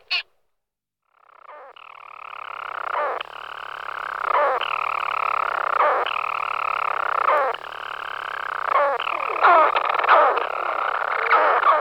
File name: Burnacek maly Hydrobates pelagicus